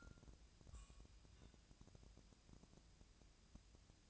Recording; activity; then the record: daily activity, microphone in the room; take from stove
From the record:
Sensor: 2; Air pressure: 999.8 hPa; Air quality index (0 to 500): 122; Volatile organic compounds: 2 ppm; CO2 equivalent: 1055 ppm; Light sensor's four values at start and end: 34/83/36/41 and 34/83/36/41